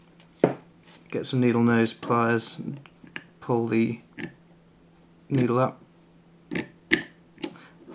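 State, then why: Seated. While rebuilding a Villiers S10 motorcycle carburettor, the metal float needle is pulled up with needle-nose pliers while a screwdriver holds the float down. Someone talks between short metallic taps and clicks. The needle clicks into place in the float at 6.9 s, seating it.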